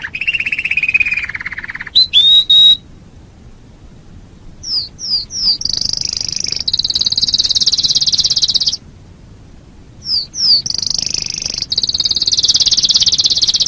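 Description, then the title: Canary song: a lower warbled phrase opens, then brief slurred whistles and long, rapid, buzzy high trills, separated by short silent pauses. "Kenari"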